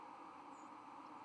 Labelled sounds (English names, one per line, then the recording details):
White-throated Sparrow flight call
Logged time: 01:14 on 31 October 2014